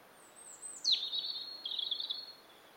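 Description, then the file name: European robin song: a thin, very high note sliding downward, then a rapid sparkling warble of trills and twitters lasting about a second and a half. "Erithacus rubecula"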